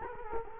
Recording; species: mosquito wingbeat signal from an infrared sensor; Culex quinquefasciatus